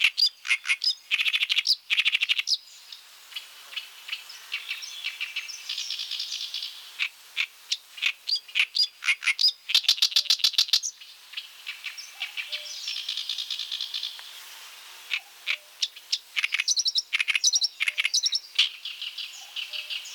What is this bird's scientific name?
Acrocephalus orientalis